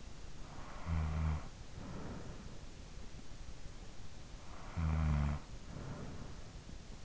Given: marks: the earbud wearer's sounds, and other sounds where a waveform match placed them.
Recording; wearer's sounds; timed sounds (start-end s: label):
sounds in sleep by an in-ear microphone; snoring breath
0.00-3.18 s: snoring breath
4.07-6.96 s: snoring breath